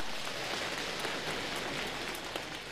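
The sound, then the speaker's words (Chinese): Steady, dense applause from an audience of about eight or nine hundred at Peking University: a continuous crackle of many hands clapping at an even level throughout, with no voices over it. “哎呀，上来就有掌声啊，这掌声是给我的吗？”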